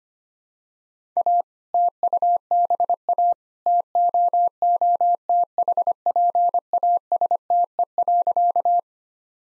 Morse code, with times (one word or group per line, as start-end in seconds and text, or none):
1.2-1.4 A
1.7-3.3 TUBA
3.7-8.8 TOOTHPASTE.